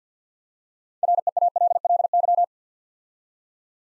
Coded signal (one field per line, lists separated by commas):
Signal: Morse code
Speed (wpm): 52 wpm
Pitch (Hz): 700 Hz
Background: none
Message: REALLY